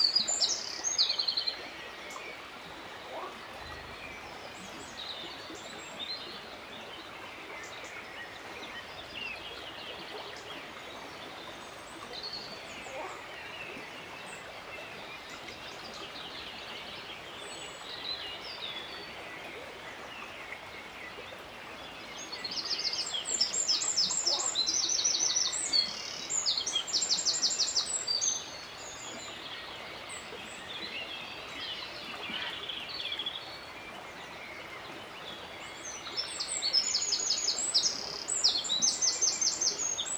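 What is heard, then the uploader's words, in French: A river runs steadily over a pebble bed, a constant hiss of water throughout. A wren bursts into loud, rapid, high trilling song at the start, again around the twenty-two to twenty-eight second mark, and once more near the end. TROGLODYTE EN BORD DE DRÔME. Virage des Bouligons - Drôme - nagra seven - cardioïdes - mkh40. La rivière s'écoule sur un lit de galets. Au centre sur les bancs asséchés les restes de l'inondation d'octobre, des branches et souches laissées là par la crue. Un Troglodyte mignon (Troglodytes troglodytes).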